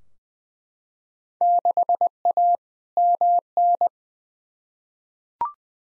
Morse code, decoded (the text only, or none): 6A MN